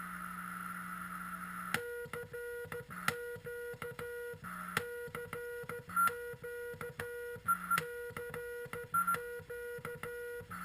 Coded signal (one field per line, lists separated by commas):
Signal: Morse code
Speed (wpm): 13 wpm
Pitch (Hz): 480 Hz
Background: none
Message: CQ CQ CQ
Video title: Frog sound QRP CW Transceiver 7.023mhz